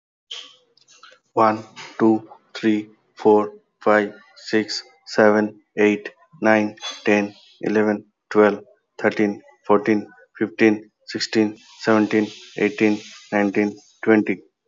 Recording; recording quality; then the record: counting at a normal pace; excellent, no background noise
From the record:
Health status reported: healthy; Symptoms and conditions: none ticked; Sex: male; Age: 40 years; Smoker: not ticked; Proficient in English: yes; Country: India